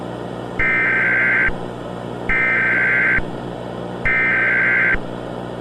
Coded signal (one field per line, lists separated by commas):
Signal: Emergency Alert System (SAME) tones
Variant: header bursts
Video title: EAS escenario | "The boiled one"